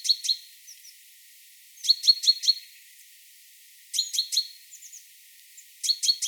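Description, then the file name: Great tit calling in short bursts of several sharp high notes, some followed by thin softer notes, repeated about every two seconds. "Parus major"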